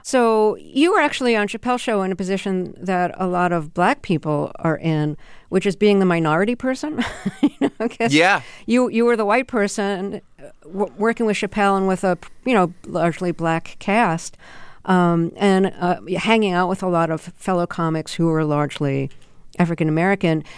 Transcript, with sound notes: So you were actually on "Chappelle's Show" in a position that a lot of black people are in, which is being the minority person, (laughter) I guess...
Yeah.
You were the white person working with Chappelle and with a, you know, largely black cast and hanging out with a lot of fellow comics who were largely African-American.